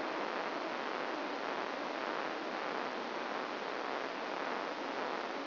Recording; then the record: brain microelectrode recording played as sound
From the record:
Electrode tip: outside the subthalamic nucleus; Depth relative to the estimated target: 4 mm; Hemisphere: left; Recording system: AlphaMap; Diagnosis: Parkinson's disease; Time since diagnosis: 15 years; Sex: female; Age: 68 years